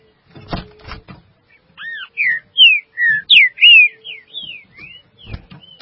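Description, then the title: Green-winged saltator song: a run of loud, slurred whistled notes, some rising and some falling, delivered in quick succession after a few sharp clicks and knocks. "Trinca Ferro"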